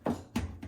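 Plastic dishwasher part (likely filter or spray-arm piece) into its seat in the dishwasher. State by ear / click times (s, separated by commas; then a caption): seated / 0.1 s, 0.4 s. A plastic dishwasher part, likely the filter or spray-arm piece, is pushed back into its seat in the dishwasher while it is being reassembled after a leak fix. Two sharp clicks sound at 0.1 s and 0.4 s, followed by a softer knock near 0.6 s. The part snaps into place and is seated.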